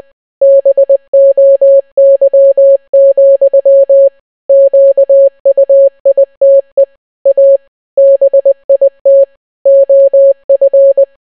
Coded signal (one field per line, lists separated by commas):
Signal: Morse code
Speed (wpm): 20 wpm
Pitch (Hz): 550 Hz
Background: none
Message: BOY, QUITE A BIT OF